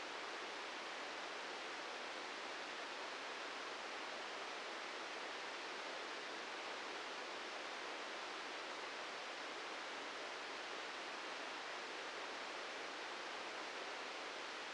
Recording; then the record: brain microelectrode recording played as sound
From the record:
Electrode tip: inside the subthalamic nucleus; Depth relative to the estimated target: -2 mm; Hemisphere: right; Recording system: NeuroSet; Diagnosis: Parkinson's disease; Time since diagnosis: 13 years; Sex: male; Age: 65 years